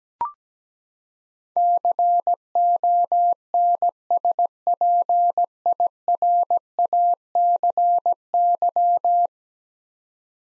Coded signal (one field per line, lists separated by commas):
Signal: Morse code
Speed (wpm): 17 wpm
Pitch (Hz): 700 Hz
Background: none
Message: CONSPIRACY